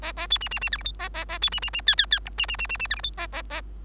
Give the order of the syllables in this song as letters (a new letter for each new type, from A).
A A B C C C D E F A A A B C C C G G G H C C C C C D E F A A A